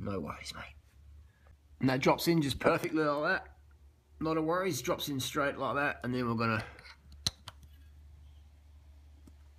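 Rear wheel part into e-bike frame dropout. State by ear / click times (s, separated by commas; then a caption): seated / 7.3 s, 7.5 s. A rear wheel part on a Specialized Turbo e-bike is dropped into the frame dropout and pushed in while someone talks. It seats with two sharp clicks at 7.3 and 7.5 seconds, then goes quiet, fully in place and good to go.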